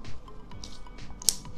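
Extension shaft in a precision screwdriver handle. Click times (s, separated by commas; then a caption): 1.3 s. The metal extension shaft of a KAIWEETS S20 130-in-1 magnetic precision screwdriver is pulled out of the handle, with faint ticks and rustling. A single sharp click at 1.3 s marks the shaft locking in place at the chosen length.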